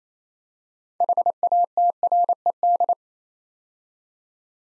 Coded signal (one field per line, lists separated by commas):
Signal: Morse code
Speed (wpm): 27 wpm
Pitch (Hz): 700 Hz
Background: none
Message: HATRED